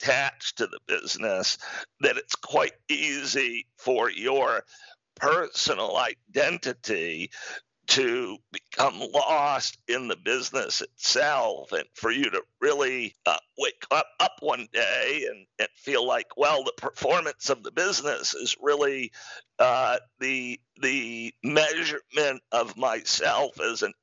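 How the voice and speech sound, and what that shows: Adult male speaker with spasmodic dysphonia, a rare neurological speaking disorder that makes communicating difficult. Diagnosed in 2012 after onset around 2010, with much recovery over a decade, yet the voice remains distinctive. Connected conversational speech with frequent pauses, hesitations and repeated words, and a rough, strained voice quality.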